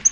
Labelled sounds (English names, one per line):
Yellow-rumped Warbler flight call